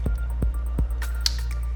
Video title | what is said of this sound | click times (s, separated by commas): How to Upgrade Your Glock with Bastion Gear Parts! (Super Easy) | slide back plate forward until you hear it click there | 1.3 s